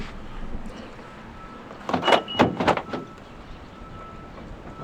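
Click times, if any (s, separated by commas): none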